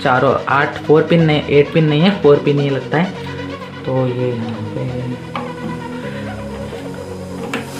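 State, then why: Seated. A 4-pin CPU power cable from a new Clarion 550W power supply is pushed into the motherboard's CPU power header while someone talks over background music. The connector's latch snaps into place with a short click at 7.5 s, and the connector is locked in.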